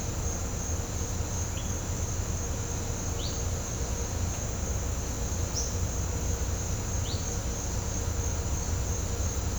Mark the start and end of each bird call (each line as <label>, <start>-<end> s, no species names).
bird call, 3.16-3.28 s
bird call, 5.51-5.67 s
bird call, 7.00-7.21 s